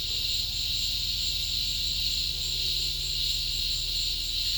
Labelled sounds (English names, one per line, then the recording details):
none
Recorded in dense forest near Puerto Asís, Putumayo, Colombia, on 19 February 2024 at 15:00
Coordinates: 0.502, -76.324
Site G6370